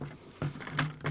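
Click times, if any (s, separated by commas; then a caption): none. A small plastic brick ship is repositioned and pushed into the rear docking bay of a larger LEGO #75053 Star Wars Rebels The Ghost brick ship. Several light plastic knocks are heard at about 0.4, 0.6, 0.7, 0.8 and 1.1 seconds. Nothing clicks or locks into place, so the small ship is not seated.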